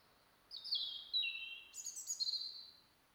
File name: Erithacus rubecula